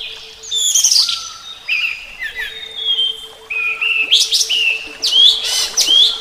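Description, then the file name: Flycatcher song: bright whistled and trilled phrases, some sharply rising, others sliding down, with brief buzzy bursts near the end, over a steady hum. Flycatcher song presented as therapy (terapi); uploaded 2014. "terapi sikatan"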